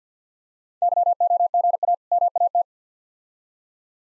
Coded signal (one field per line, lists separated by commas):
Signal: Morse code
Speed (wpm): 46 wpm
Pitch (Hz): 700 Hz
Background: none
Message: YOGA MAT